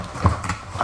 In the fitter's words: The international adapters just snap right into place on the prongs as well, which is very nice.